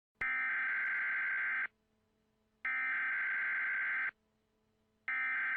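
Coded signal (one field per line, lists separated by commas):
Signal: Emergency Alert System (SAME) tones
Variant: header bursts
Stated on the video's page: Fictional EAS scenario of a Chicago fire, simulated alert tones.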